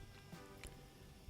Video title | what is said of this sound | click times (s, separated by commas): Swiffer XL Dry and Wet - How to Use | make sure it snaps into place | 0.6 s